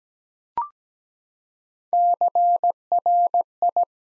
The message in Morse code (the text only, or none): CRI